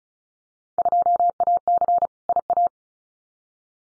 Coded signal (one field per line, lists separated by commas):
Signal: Morse code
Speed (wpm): 36 wpm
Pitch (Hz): 700 Hz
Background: none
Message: 2AC IA